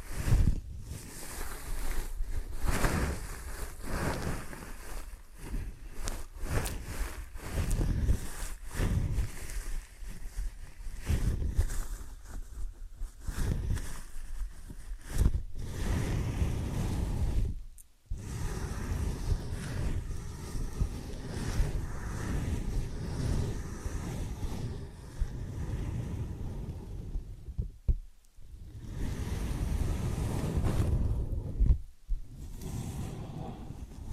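Ear and scalp massage sounds: dense, muffled rubbing and scratching that swells and fades, with brief silent breaks near 18, 28 and 32 seconds.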